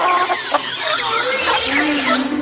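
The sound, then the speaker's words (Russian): A flock of chickens in a henhouse clucks excitedly, a busy overlapping chorus of short, mid-pitched squawks and cackles at a steady, fairly loud level with no pauses. “Возбужденно кудахтали куры.”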